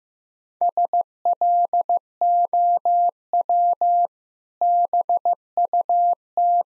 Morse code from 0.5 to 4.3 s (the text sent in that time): SLOW